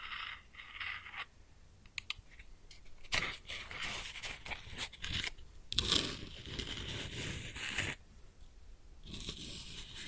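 Close up, a match is struck and lit, followed by crackling and sizzling as the small flame burns. Bright scraping bursts come around the second, third and sixth seconds, with a louder rough stretch from six to eight seconds before it quiets, then hissing resumes near the end.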